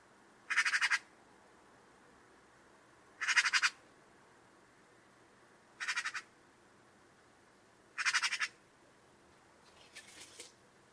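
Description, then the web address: Bird making loud, hoarse rasping calls roughly every two to three seconds, with a fainter burst at the end. "Deverinetal 2025 File origin Bird Only"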